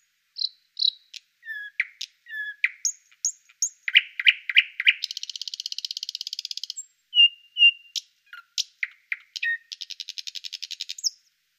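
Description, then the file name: Thrush nightingale song: loud clicks and piping whistles, sharp chopped notes, and two long, fast, dry rattling trills, all delivered with strong variety and pauses between phrases. "соловей-обыкновенный-Салавей-усходні"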